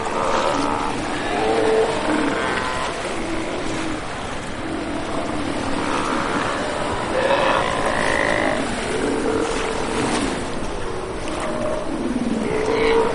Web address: earth naturelibrary. steller sea lion